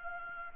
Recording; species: mosquito wingbeat signal from an infrared sensor; Anopheles arabiensis